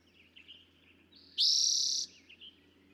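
Eastern towhee singing a single bright trill of under a second, with soft bird chirps just before and after.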